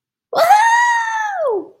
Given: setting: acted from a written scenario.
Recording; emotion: vocal sound without words; triumph